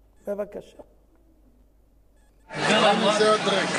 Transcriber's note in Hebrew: הקרנת סרטון